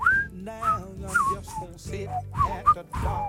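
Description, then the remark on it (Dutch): Someone whistles a slow, gently swooping melody, the clear high notes rising and falling in short phrases over a soft, low background hum. “Jij fluit dat ook mooi.”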